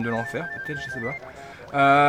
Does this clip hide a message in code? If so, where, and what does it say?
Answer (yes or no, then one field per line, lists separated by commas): no